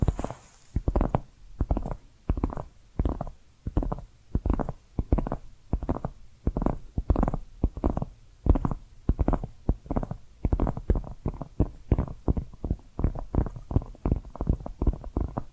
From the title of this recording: Hypnotic Tapping & Scratching Sounds